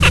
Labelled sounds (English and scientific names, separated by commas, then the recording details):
Zebra Finch (Taeniopygia guttata) kackle call
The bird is a male
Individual mal5